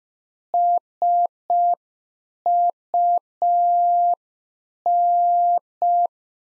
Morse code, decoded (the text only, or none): SUN